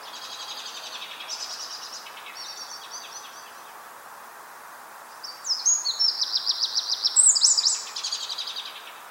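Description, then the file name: Eurasian wren delivering high, rapid trills: a softer phrase at the start, then a louder burst of quick repeated sharp notes, with constant hiss. "Troglodytes troglodytes"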